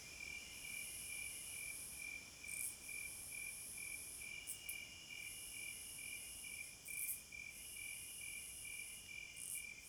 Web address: Hypnotizing Forest- Wolves, Crickets, Owls and Singing Birds Midnight Concert